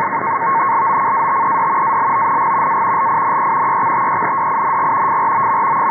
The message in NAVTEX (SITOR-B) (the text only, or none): LOCATED ALONG A LINE EXTENDING FROM